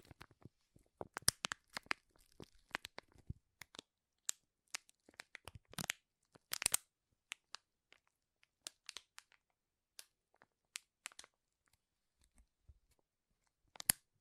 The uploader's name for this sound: Powerful Crinkles